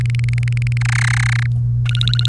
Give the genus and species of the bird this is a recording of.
Serinus canaria